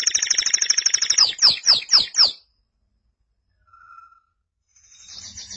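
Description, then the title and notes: Canary song opening with a rapid high trill, followed by four loud swooping downward notes, then near silence with a faint short whistle. "BM Suara Kenari. BM Suara Burung Kenari"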